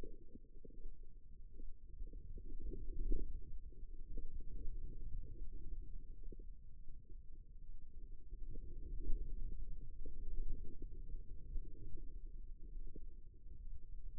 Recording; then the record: forearm muscle sounds (acoustic myography)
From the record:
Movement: radial deviation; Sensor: system 2, bracelet of six BSWA MPA416 microphones around the upper forearm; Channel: 3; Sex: female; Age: 25 years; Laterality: right